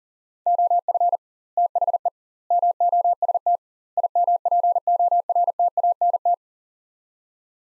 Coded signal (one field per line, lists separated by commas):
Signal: Morse code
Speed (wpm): 40 wpm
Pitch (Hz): 700 Hz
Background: none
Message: OF THE MOST IMPORTANT